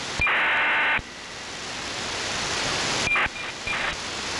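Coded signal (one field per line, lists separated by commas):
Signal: ACARS aircraft data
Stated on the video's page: ACARS aircraft data messages received with an SDRplay RSP receiver and SDRuno.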